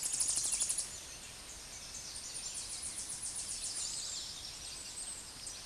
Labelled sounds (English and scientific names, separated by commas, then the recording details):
Tennessee Warbler (Leiothlypis peregrina) song
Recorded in a Pennsylvania forest on 16 May 2024 at 08:29
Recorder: AudioMoth, point MSD-2234
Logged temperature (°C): 16.4 °C
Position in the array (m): 24 m, 101 m